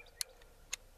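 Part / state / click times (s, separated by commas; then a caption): en bloc clip into rifle internal magazine / seated / 0.2 s, 0.7 s. A steel en bloc clip of cartridges is pushed down with the thumb into the internal magazine of an M1 Garand rifle until it catches, so the bolt can then be released to load it. Two sharp, bright metallic clicks ring out at 0.2 s and 0.7 s over a quiet background, with a faint tick between them. The clip is seated in the magazine.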